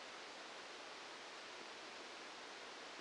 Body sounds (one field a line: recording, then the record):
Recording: brain microelectrode recording played as sound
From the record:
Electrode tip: outside the subthalamic nucleus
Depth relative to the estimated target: -8 mm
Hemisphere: right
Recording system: NeuroSet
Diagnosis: Parkinson's disease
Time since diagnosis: 8 years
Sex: male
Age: 65 years